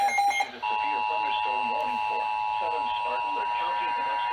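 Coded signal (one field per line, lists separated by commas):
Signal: Emergency Alert System (SAME) tones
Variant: 853 and 960 Hz attention tone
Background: speech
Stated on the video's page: Real alerts from NOAA/NWS transmitter WXJ21, Greenville-Spartanburg office, recorded with a camcorder, an iPhone and a compact camera.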